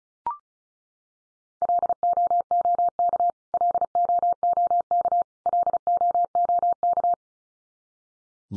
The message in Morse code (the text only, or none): LOOK LOOK LOOK